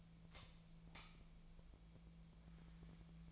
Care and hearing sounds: daily activity, microphone in the room; light on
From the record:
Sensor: 1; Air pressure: 1009.8 hPa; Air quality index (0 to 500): 189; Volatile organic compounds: 17 ppm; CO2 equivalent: 2594 ppm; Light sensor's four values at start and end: 35/90/38/46 and 47/134/55/63

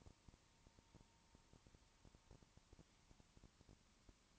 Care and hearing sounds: daily activity, microphone in the room; no activity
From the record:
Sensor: 1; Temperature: 19.2 degrees Celsius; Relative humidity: 37.8%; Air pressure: 1001.1 hPa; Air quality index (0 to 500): 198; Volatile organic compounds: 7 ppm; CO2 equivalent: 1995 ppm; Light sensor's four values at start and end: 1/2/1/1 and 1/2/1/1

